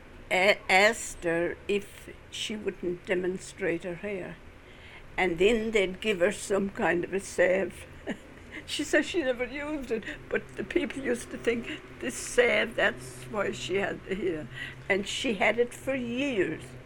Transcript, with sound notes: asked her if she wouldn't demonstrate her hair and then they gave her some kind of a salve. (she laughs) She said she never used it but the people used to think this salve, that's why she had the hair and she had it for years.